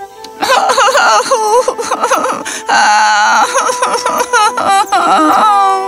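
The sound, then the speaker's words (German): A girl who tripped over tree roots and hurt her knee cries loudly for several seconds, her high, wavering wails breaking into shaky sobbing bursts that rise and fall in pitch. “Sie war verletzt und hilflos und fing an zu weinen.”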